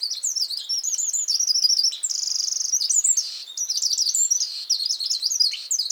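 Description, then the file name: Eurasian wren song, a loud, rapid stream of high trills and twittering phrases that run without pause, with a fast buzzy rattle near the middle. "Troglodytes troglodytes"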